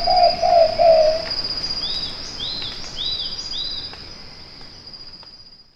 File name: pitta kochi